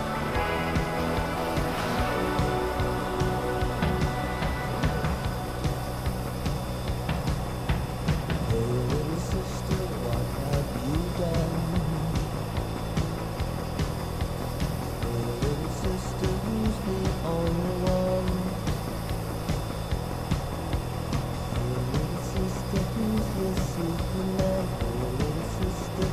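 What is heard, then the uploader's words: Steady, dense fighter jet cockpit roar holds at an even level for the whole stretch, a low rumble filling everything. Music plays over it, with sustained tones and shifting melodic lines, plus frequent short clicks and ticks scattered throughout. Flying an F-14 Tomcat with Maverick and Iceman || Top Gun Ambience. This ambience contains dialogue from Top Gun (1986), fighter jet SFX and some great tunes to keep you company as you fly! Cockpit of an F-14 Tomcat cruising the blue skies.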